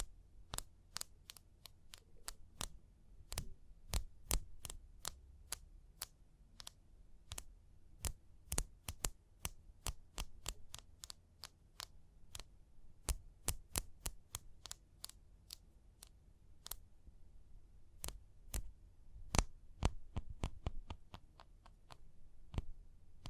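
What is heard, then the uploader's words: Sharp, crisp taps land one after another for the whole stretch, roughly two or three each second, irregular in spacing and sometimes bunched into quick runs. Some hits are louder than others. A low, steady hum sits underneath throughout. Tapping and Scratching (No Talking).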